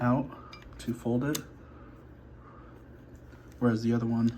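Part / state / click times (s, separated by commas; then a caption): locking pin in a folding leg of an under-desk pedal exerciser / not seated / none. Someone talks while handling the folding leg of an under-desk pedal exerciser, where a locking pin is pulled out so the leg can fold and the spring pin later snaps back into the metal leg. Speech comes in short bursts with quiet handling noise in between, and no sharp click is heard. Nothing has seated or clicked yet.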